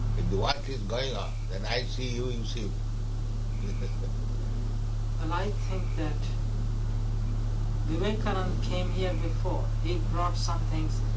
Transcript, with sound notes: If the work is going on, then I see you, you see me. [laughs]
And I think that Vivekananda came here before. He brought some things.